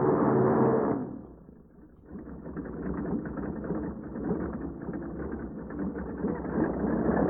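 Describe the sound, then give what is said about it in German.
A droning aircraft engine falters, dipping and nearly cutting out for a moment, then comes back as a rough, rattling, uneven roar that keeps grinding on with no voices over it. “Was war das? Weiß nicht. Irgendwas am Motor.”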